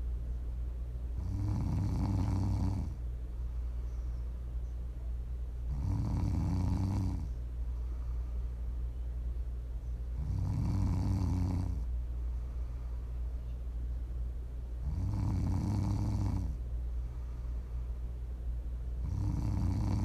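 Prime ASMR snoring: a sleeping adult snores steadily, with a low, rumbling snore roughly every four to five seconds and quiet breathing between, meant for listening to sleep, relax or wind down.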